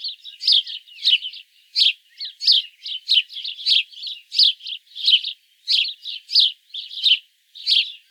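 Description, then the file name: House sparrow call series: short scratchy chirps repeated about every half second, slightly uneven in rhythm, nothing else audible. "Passer domesticus"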